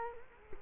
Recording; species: mosquito wingbeat signal from an infrared sensor; Culex quinquefasciatus